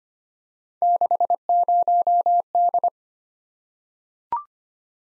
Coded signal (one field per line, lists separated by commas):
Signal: Morse code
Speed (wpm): 25 wpm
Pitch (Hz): 700 Hz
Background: none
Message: 60D